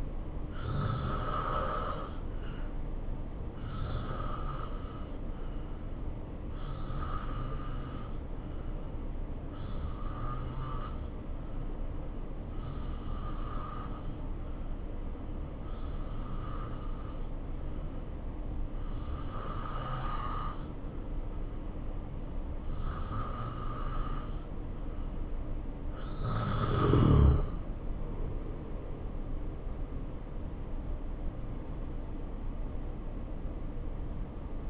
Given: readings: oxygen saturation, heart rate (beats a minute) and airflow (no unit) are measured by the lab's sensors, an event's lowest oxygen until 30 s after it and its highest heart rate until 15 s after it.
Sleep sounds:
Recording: breathing in sleep by a smartphone at the bedside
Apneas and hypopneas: 1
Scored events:
8.00-28.00 s: hypopnea (N2, oxygen 88% highest, then 85% lowest, heart rate 66 at the start, 74 highest)
18.00-34.70 s: new sleep stage, N1 (lightest sleep)
From the record:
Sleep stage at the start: N2 (light sleep)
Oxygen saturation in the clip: 86 to 88%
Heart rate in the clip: 66 to 74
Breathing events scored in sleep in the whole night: 277 in 7.4 hours asleep

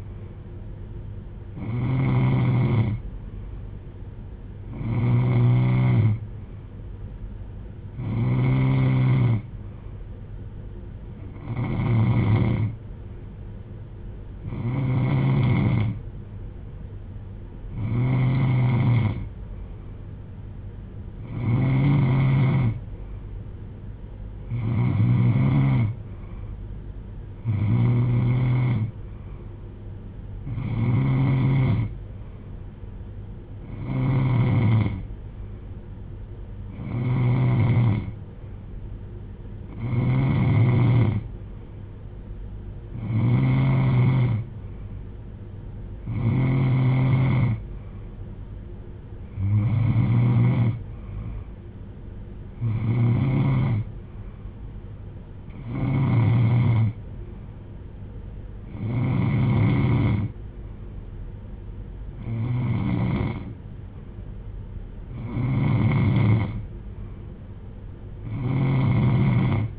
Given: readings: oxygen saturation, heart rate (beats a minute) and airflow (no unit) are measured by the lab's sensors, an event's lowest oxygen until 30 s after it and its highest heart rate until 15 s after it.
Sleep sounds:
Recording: breathing in sleep by a smartphone at the bedside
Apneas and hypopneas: none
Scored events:
none scored
From the record:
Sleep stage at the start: N3 (deep sleep)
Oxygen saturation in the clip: 91 to 93%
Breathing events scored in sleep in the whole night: 310 in 8.1 hours asleep

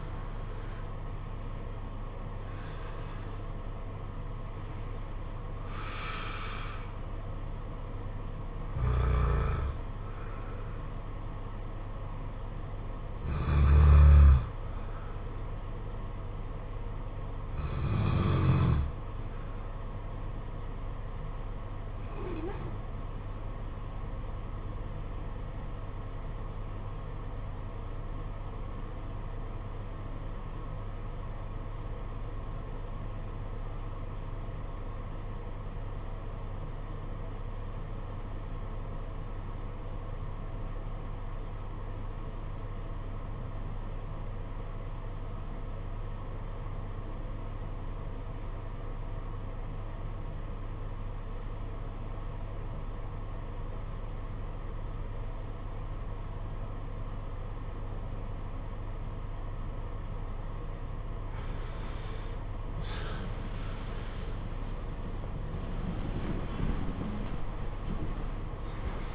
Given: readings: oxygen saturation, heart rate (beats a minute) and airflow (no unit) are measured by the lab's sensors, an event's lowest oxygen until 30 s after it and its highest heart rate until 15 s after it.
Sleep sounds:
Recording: breathing in sleep by a smartphone at the bedside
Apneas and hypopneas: 1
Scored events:
24.00-61.30 s: obstructive apnea (REM, oxygen 96% highest, then 76% lowest, heart rate 49 at the start, 96 highest)
59.00-69.15 s: new sleep stage, N1 (lightest sleep)
From the record:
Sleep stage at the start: REM sleep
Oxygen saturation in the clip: 72 to 96%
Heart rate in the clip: 48 to 91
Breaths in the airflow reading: 8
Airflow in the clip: -12.3 to 13.4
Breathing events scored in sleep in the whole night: 476 in 9.7 hours asleep

